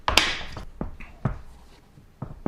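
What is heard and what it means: The latches on a Nanuk 950 hard plastic rugged wheeled case made for a DJI Phantom 3 drone are released to open the case and check the drone inside. Two loud, sharp snaps pop the latches open at 0.1 s and 0.2 s. Softer taps and knocks follow at about 0.8, 1.0, 1.3 and 2.5 s.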